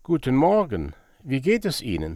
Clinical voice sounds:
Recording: spoken sentence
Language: German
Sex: male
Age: 60 to 69 years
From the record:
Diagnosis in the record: dysplastic larynx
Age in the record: 69 years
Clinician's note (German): Lappige Aryregion, Cyste seitliche Rachenwand, unregelmäßiges stroboskopisches Bild

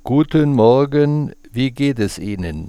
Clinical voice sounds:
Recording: spoken sentence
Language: German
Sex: male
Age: 60 to 69 years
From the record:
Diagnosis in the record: healthy voice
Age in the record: 68 years

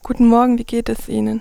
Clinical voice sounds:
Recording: spoken sentence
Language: German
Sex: female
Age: 20 to 29 years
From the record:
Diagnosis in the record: healthy voice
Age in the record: 23 years

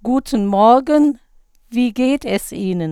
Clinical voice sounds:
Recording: spoken sentence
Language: German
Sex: female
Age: 50 to 59 years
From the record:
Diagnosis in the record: recurrent laryngeal nerve paralysis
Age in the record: 59 years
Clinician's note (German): Vorbekannte alte Parese re, z.B. zentral laryngale Bewegungsstörung bei Acustikusneurinom li

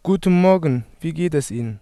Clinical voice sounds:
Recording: spoken sentence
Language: German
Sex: male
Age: 18 to 19 years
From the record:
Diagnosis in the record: healthy voice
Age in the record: 19 years

